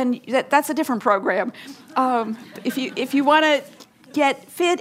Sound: laughter

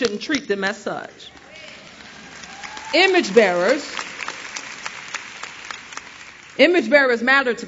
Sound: applause

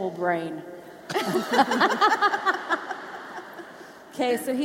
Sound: laughter

